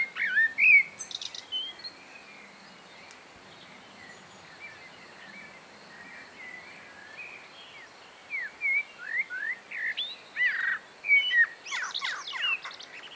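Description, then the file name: Common blackbird song in two bursts: brief whistled notes opening, a quiet gap, then a longer mellow warbled phrase ending in high scratchy twitters. "Mirlo comun"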